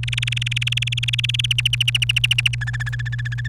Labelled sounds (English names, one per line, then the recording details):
Domestic Canary song
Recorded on 29 April 2018 at 16:05
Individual llb3